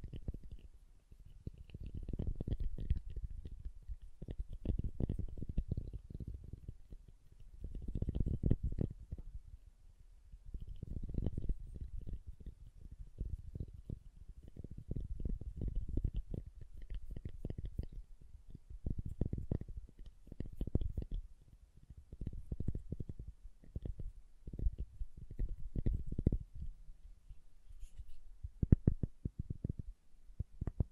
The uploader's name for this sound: SoftHard Soap Tapping and Carving